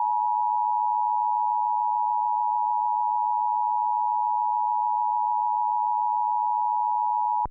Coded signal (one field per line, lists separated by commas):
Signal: Emergency Alert System (SAME) tones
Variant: 853 and 960 Hz attention tone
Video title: EAS - Oregon Great Shakeout 2018